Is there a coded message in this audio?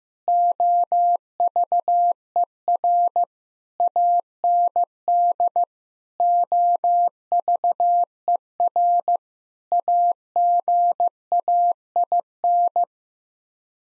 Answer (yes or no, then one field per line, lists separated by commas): yes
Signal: Morse code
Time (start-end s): 0.3-12.8 s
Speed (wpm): 15 wpm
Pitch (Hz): 700 Hz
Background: none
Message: OVER AND OVER AGAIN